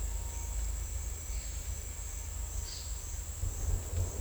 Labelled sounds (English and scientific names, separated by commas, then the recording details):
none
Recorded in secondary vegetation near Puerto Asís, Putumayo, Colombia, on 20 December 2024 at 09:30
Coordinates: 0.481, -76.318
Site G042